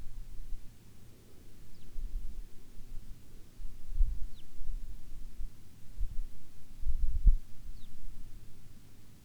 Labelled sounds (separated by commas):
songbird, wind